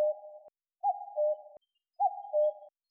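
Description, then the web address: Common cuckoo calling its two-note cu-coo, higher then lower, given three times about once a second against a quiet background. "Cuculus canorus"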